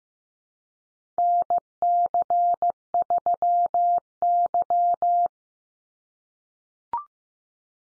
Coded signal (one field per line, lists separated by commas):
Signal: Morse code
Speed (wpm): 15 wpm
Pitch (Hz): 700 Hz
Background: none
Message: NC3Y